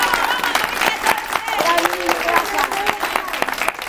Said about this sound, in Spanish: Un aplauso para la comisión organizadora.